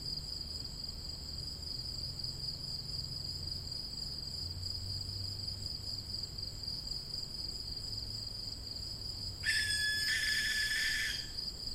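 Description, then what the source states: Barn owl chick giving a single harsh, noisy hissing screech lasting under two seconds, against a steady shrill whine and faint low rumble. Young birds.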